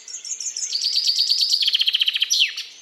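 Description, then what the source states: Common chaffinch song: a run of high trilled notes descending in steps into a rattling series and ending with a sharp downward flourish. Song played for comparison with the willow warbler's song.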